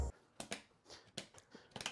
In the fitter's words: oh there we go oh that was the best you hear that was a solid click